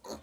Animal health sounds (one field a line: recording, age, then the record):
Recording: pig call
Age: piglet (1 to 25 days)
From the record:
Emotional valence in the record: negative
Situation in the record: restrain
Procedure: back test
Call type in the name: low-frequency call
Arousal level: maximum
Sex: female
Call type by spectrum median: low-frequency call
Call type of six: low-frequency modulated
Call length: 0.24 s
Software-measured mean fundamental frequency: 76 Hz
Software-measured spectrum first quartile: 489 Hz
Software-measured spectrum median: 1137 Hz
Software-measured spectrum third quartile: 4915 Hz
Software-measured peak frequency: 573 Hz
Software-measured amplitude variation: 190 dB a second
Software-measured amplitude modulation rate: 6.3 a second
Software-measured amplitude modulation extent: 30.0 dB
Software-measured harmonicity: 3.3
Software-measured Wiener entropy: -2.49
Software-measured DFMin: 1618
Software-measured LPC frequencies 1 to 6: 552, 4374, 6636, 7924, 9014, 9787 Hz